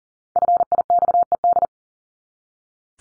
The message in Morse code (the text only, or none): FIXED